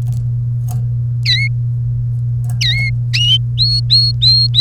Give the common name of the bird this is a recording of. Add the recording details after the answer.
Domestic Canary. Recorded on 1 May 2018 at 13:13. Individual llb3